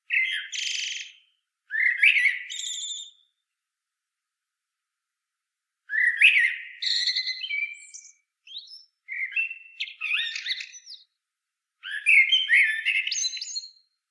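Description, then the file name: Common blackbird song with several phrases over about fourteen seconds: mellow, slurred fluting notes broken by high, scratchy squeaks, followed by short silences. "Turdus merula"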